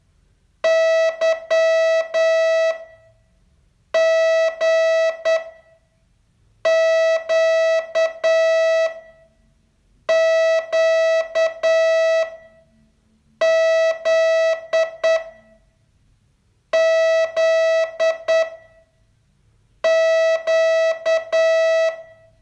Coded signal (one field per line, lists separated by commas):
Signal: Morse code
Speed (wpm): 9 wpm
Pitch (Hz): 650 Hz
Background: none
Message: Y G Q Q Z Z Q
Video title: Learn Morse in 42 Days from VU2LAU - day 31